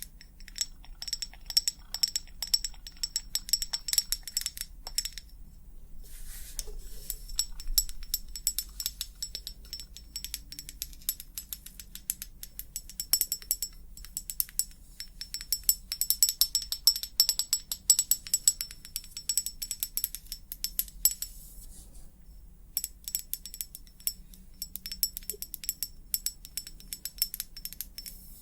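Rapid, dense tapping runs through most of the clip, a bright clicking patter like small hard objects rattling or coins dropping. It pauses briefly around 6 and 22 seconds, then resumes. A low steady hum sits underneath throughout.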